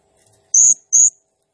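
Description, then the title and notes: Blue-crowned hanging parrot uttering two drawn-out, piercing high squeals in quick succession. Singing energetically (gacor, nembak style); recording used as masteran (training sound) and lure for birds, said to stir up all birds. "Burung Serindit Nembak Gacor Bikin Emosi Semua Burung. Suara Nasteran Dan Pemikat Burung Serinditan Gacor"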